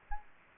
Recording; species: mosquito wingbeat signal from an infrared sensor; Aedes aegypti